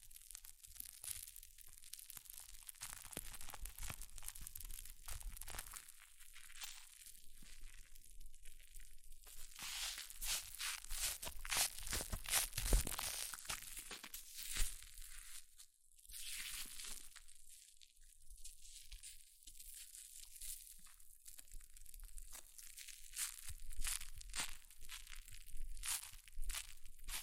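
Hair mousse fizzes and crackles in a dense, bright hiss of tiny pops that runs the whole time. It swells louder around ten to thirteen seconds, with a sharp pop near thirteen seconds, then eases into quieter stretches before rising again late.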